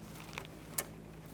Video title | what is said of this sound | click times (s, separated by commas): How to Replace Vapor Canister Vent Solenoid 2002-2009 Chevrolet Trailblazer | I get a nice click from that one as well give that a tug | 0.8 s